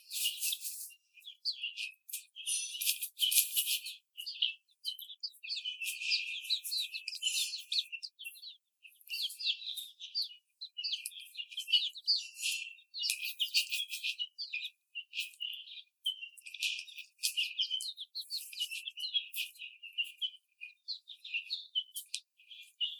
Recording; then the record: young laying hens in a cage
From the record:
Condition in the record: after the stressor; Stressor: simulated dog barking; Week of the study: 4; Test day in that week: 2